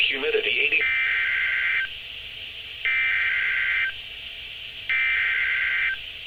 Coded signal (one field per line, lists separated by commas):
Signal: Emergency Alert System (SAME) tones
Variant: header bursts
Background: speech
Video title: EAS #164 Severe Thunderstorm Warning On NWR From @bt7789